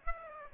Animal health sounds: mosquito wingbeat signal from an infrared sensor; Aedes aegypti

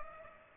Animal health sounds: mosquito wingbeat signal from an infrared sensor; Culex pipiens

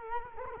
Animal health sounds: mosquito wingbeat signal from an infrared sensor; Culex quinquefasciatus

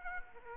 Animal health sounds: mosquito wingbeat signal from an infrared sensor; Aedes aegypti

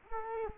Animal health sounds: mosquito wingbeat signal from an infrared sensor; Culex quinquefasciatus

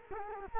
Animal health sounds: mosquito wingbeat signal from an infrared sensor; Culex quinquefasciatus

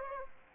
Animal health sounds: mosquito wingbeat signal from an infrared sensor; Aedes aegypti

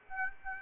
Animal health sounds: mosquito wingbeat signal from an infrared sensor; Aedes aegypti

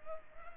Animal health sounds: mosquito wingbeat signal from an infrared sensor; Culex pipiens

